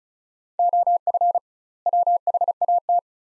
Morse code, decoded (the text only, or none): OF WHAT